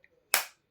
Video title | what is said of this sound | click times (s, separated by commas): My new things | గట్టి sound వచ్చింది కదా, అది ఇక్కడ అట్లా ఉంటుంది. | 0.3 s